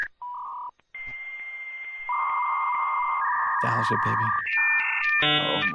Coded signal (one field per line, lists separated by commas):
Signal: dial-up modem handshake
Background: speech